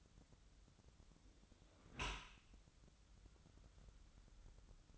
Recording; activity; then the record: daily activity, microphone in the room; close dishwasher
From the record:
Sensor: 3